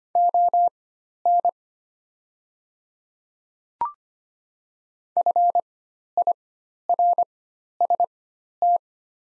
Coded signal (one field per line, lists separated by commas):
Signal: Morse code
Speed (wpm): 25 wpm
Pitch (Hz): 700 Hz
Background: none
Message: ON FIRST